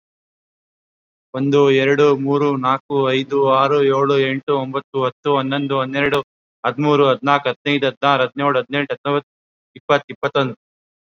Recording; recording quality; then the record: counting at a normal pace; excellent, no background noise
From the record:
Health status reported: COVID-19 positive, mild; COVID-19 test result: positive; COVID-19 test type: RT-PCR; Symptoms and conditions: cold, fever, another respiratory illness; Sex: male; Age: 27 years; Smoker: no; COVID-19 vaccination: both doses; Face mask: worn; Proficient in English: yes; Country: India